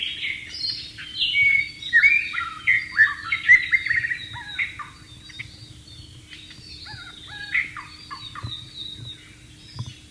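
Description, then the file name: White-rumped shama song, a rich run of varied whistles and warbles, loud in the first four seconds, then softer phrases with a steady low hum beneath. Heard in the wild. "suara burung murai batu di alam liar"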